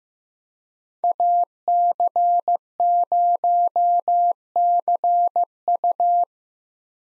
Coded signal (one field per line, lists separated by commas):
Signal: Morse code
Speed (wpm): 15 wpm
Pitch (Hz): 700 Hz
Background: none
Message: AC0CU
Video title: 2023 POTA Hunter Call Signs - 15wpm